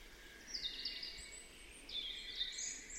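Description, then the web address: European robin song with two high, rippling phrases separated by a short gap, heard over constant faint hiss. "cianscape birddata Deverinetal Bird Only Er Ru"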